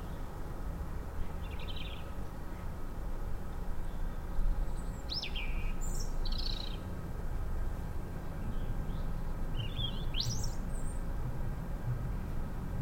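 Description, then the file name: European robin song, brief high squeaky and sliding phrases spread across the recording, set against heavy low rumble. "Erithacus rubecula"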